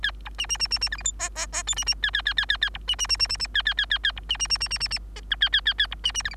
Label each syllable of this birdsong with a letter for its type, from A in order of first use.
A B C C C C C D E F G G G H C C A A A A A A B C C C C C C A A A A A B C C C C C C C G I A A A A B C C D E